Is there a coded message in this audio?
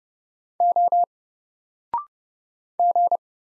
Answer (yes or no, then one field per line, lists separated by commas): yes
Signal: Morse code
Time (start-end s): 0.6-3.2 s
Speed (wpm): 30 wpm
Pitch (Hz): 700 Hz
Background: none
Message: O G